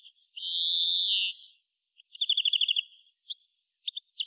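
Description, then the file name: European greenfinch giving a long harsh nasal wheeze, followed by a quick trilled twitter and a few short separate chirps. "Chloris chloris"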